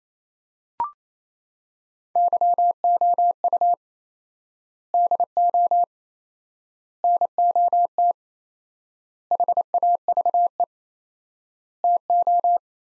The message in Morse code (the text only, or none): YOU DO NOT HAVE TO